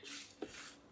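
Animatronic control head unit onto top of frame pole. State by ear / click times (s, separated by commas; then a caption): not seated / none. The main control head unit of a Home Depot Victorian Vampire animatronic, with its IR sensor attached, is handled and pushed toward the top of the plastic frame pole. Soft rubbing and handling noise is broken by a short low knock at about 0.4 s. Nothing has seated or clicked yet.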